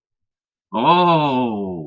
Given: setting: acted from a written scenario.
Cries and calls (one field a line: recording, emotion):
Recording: vocal sound without words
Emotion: elation